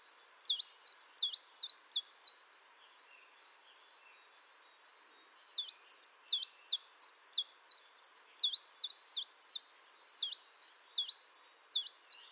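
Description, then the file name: Common chiffchaff song in two bursts of repeated high, down-slurred 'chiff-chaff' notes, the first short phrase followed by a quiet gap and a longer, steady second run. "Pouillot-véloce"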